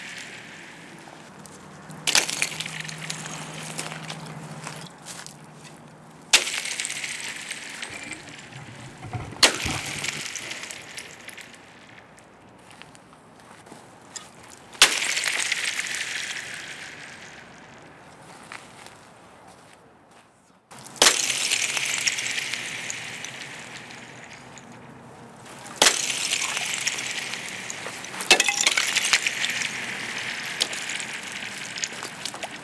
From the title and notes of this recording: Magical Sound When Throwing Ice Blocks Into a Frozen Pond!